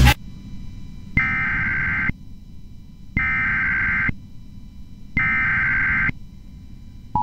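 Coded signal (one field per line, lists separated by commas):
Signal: Emergency Alert System (SAME) tones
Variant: header bursts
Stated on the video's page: Real civil danger warning (SAME code CDW) from civil authorities, caught on an IP radio stream.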